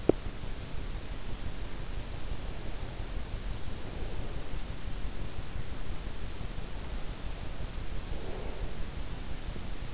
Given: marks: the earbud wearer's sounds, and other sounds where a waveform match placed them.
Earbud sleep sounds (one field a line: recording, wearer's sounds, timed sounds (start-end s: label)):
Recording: sounds in sleep by an in-ear microphone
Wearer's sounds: teeth grinding, breath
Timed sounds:
0.00-0.40 s: teeth grinding
3.45-4.99 s: breath
8.04-9.38 s: breath